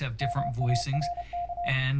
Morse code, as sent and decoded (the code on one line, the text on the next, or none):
-- .- .-. -.-
MARK